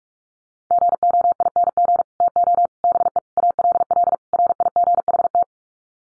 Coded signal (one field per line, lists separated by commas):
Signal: Morse code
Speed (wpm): 44 wpm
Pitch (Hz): 700 Hz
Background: none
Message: GOING TO BE ALL RIGHT